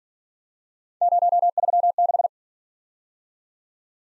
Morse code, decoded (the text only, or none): 036